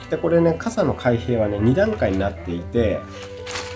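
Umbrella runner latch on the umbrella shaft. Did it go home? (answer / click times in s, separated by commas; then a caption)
partly / 3.5 s. An umbrella is opened and closed, and the runner latch on its shaft is pushed along and clicks into the first of its two lock stages at 3.5 s, holding the umbrella half open. Someone talks throughout, with music underneath.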